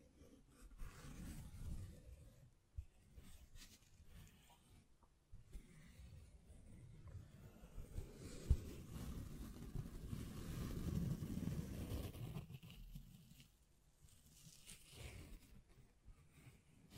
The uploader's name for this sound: Tapping, Scratching, Mic Brushing, Hand Sounds